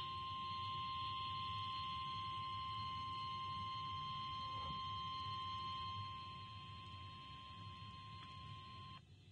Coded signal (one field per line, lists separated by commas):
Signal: Emergency Alert System (SAME) tones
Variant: 1050 Hz attention tone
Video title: (EAS #1,957 - #1,961) NO RADIOS? NO PROBLEM!!! - EAS Alerts from 7/6/24